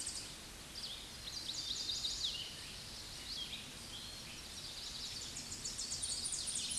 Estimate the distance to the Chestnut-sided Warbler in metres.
about 30 m